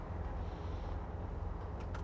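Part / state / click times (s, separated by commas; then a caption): wiper blade onto windshield wiper arm / seated / 2.0 s. A new wiper blade's plastic adapter is pushed onto the metal windshield wiper arm, replacing a blade that winter ice and snow can tear up or break, over a steady low rumble. A single sharp click at 2.0 s marks the blade locking into place, seated on the arm.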